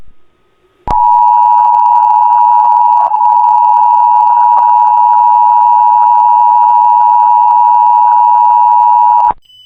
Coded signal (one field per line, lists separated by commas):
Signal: Emergency Alert System (SAME) tones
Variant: 853 and 960 Hz attention tone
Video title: 2011 National EAS Test Hijack (Remade)